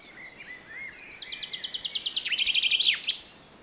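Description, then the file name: Common chaffinch song: a bright, high rattling series of notes that steps down in pitch and grows louder, ending in a sharp flourish. "Fringilla coelebs"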